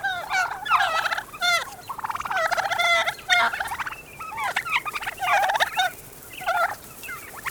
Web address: Wild Turkey